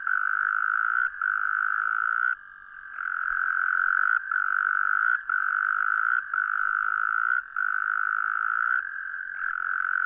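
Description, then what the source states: Frog trill, a sustained buzzy drone interrupted by brief gaps about once a second. Recorded 17 January 2015.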